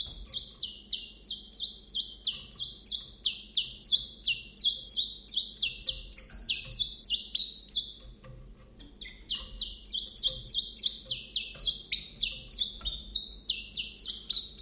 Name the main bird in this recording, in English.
Common Chiffchaff